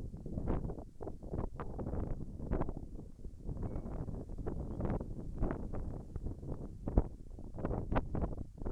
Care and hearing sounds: everyday scene through a hearing-aid microphone; wind on the microphone; wind, whistling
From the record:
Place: in front of a rural house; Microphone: behind the ear, right, rear

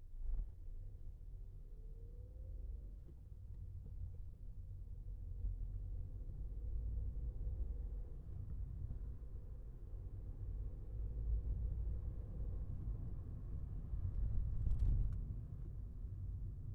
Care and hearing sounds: everyday scene through a hearing-aid microphone; in a vehicle; engine, traffic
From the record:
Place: Skoda Fabia, gasoline engine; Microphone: behind the ear, left, rear

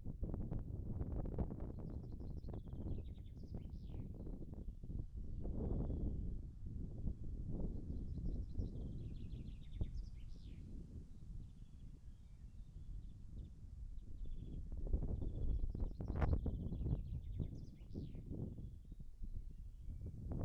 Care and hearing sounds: everyday scene through a hearing-aid microphone; wind on the microphone; wind, birds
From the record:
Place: in front of a rural house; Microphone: behind the ear, right, rear

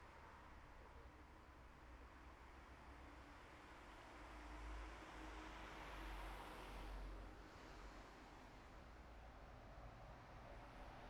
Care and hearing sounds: everyday scene through a hearing-aid microphone; in traffic; traffic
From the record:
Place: bus stop on a city main road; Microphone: behind the ear, right, front

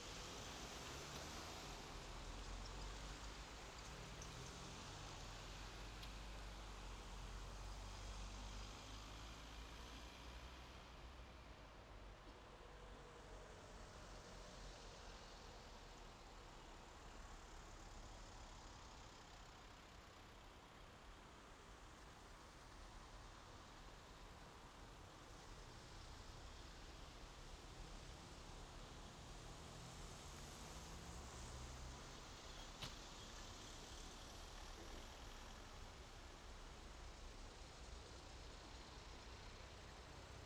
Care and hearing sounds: everyday scene through a hearing-aid microphone; in traffic; traffic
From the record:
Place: main road on the outskirts, rush hour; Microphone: in the ear canal, left

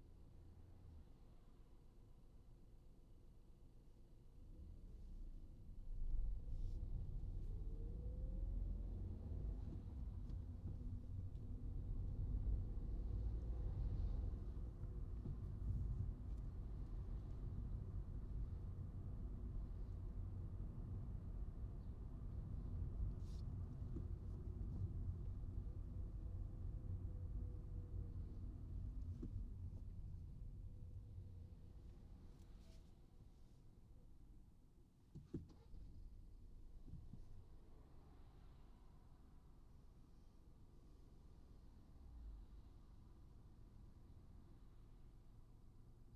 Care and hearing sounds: everyday scene through a hearing-aid microphone; in a vehicle; engine, traffic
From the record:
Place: Skoda Fabia, gasoline engine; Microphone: in the ear canal, right

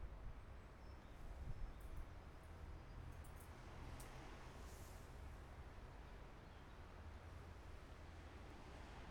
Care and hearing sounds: everyday scene through a hearing-aid microphone; wind on the microphone; gentle breeze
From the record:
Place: parking lot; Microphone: behind the ear, right, rear

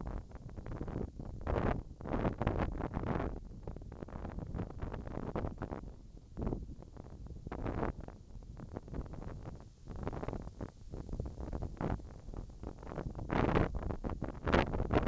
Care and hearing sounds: everyday scene through a hearing-aid microphone; wind on the microphone; wind, whistling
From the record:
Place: in front of a rural house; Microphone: in the ear canal, left

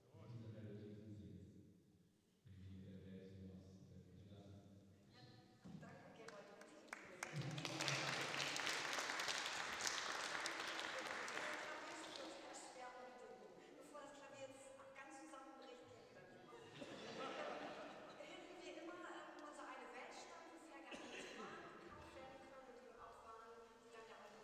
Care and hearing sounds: everyday scene through a hearing-aid microphone; reverberant space; speech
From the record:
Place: church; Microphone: in the ear canal, left

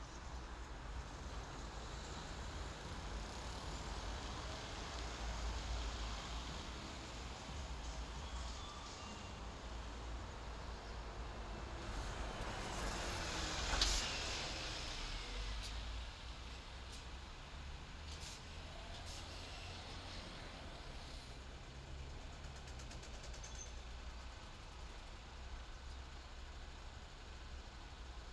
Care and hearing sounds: everyday scene through a hearing-aid microphone; in traffic; traffic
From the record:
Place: main city hub, rush hour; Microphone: in the ear canal, left

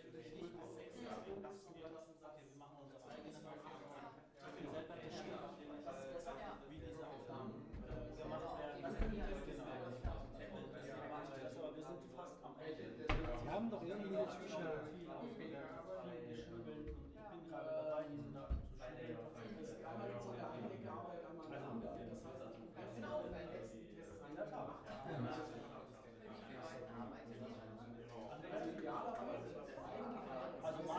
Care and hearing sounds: everyday scene through a hearing-aid microphone; many people talking; many voices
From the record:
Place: bistro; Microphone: behind the ear, right, rear

